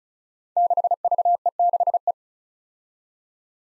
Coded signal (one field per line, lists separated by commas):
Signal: Morse code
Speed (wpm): 36 wpm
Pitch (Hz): 700 Hz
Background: none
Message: 6VE6E